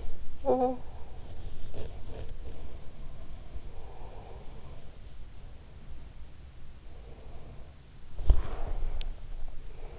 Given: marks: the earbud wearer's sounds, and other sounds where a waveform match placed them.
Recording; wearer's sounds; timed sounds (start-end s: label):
sounds in sleep by an in-ear microphone; talking in sleep, swallowing
0.00-1.10 s: talking in sleep
1.65-4.95 s: sound from someone else or the room
6.80-9.99 s: sound from someone else or the room
8.18-9.18 s: swallowing